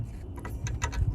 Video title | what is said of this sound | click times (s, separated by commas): LR3 Headlight Bulbs Change | there we go and there you go it's locked | 0.8 s